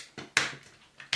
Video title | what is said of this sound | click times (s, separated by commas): Perfect Effect PC-15 (Transformers Super Ginrai Upgrade) - GotBot True Review NUMBER 506 | in in and locks in place | 0.4 s, 1.1 s